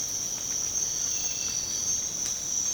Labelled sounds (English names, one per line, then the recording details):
none
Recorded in secondary vegetation near Puerto Asís, Putumayo, Colombia, on 19 March 2025 at 05:30
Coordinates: 0.485, -76.322
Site G040